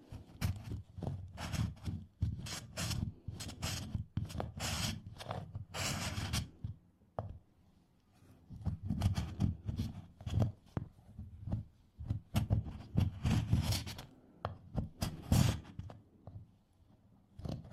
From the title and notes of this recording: Scraping Off Candle Wax Satisfying Scratching Sounds for Study and Relaxation (NO TALKING).